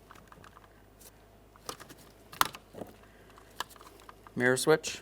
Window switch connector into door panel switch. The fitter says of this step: Go ahead and press that in. Listen for a click there.